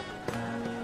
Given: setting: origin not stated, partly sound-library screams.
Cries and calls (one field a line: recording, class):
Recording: one-second piece from a danger detection set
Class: normal situation